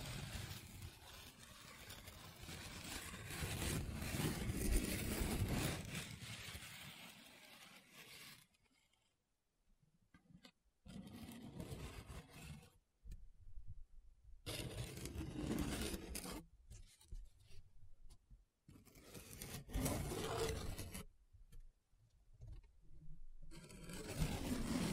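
Paper being rubbed and scratched, a dense rough rasping that swells and fades in long strokes. A steady stretch of rubbing fills the first eight seconds, then shorter bursts alternate with brief silences, each pass grainy and full from low to high.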